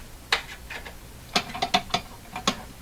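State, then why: Stripped. A smaller screwdriver is turned on a very tight screw in the chassis of a Silvertone 101-583-2 multiband tube radio, producing a series of sharp, ratchet-like metallic ticks. The first and loudest comes at 0.3 s, followed by more at about 1.4, 1.8, 1.9 and 2.5 s. The blade cams out of the screw head, leaving the screw stripped.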